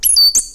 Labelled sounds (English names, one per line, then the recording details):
Stitchbird song
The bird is a male
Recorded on Tiritiri Matangi Island, New Zealand, in 2005
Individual 16, of nest box 24